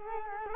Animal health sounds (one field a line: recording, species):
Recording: mosquito wingbeat signal from an infrared sensor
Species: Culex quinquefasciatus